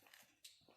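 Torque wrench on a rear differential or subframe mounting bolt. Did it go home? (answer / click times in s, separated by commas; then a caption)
yes / 0.5 s. A torque wrench tightens a bolt while the rear differential unit is being hung on the subframe. After some faint low rustling, a sharp click sounds at 0.5 s, followed by a softer low thump near 0.7 s. The wrench clicks at its torque setting, confirming the bolt is torqued.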